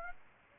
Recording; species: mosquito wingbeat signal from an infrared sensor; Aedes aegypti